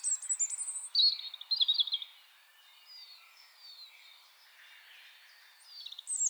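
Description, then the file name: European robin song: high, thin, tumbling phrases for about two seconds, a quiet gap with faint notes, then a fresh high phrase starting at the end. "Erithacus rubecula"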